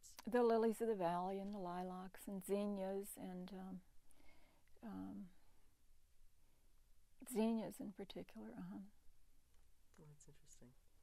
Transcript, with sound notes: The lilies of the valley, and the lilacs, and zinnias, and, [pause] zinnias in particular, uh-huh.
That's interesting.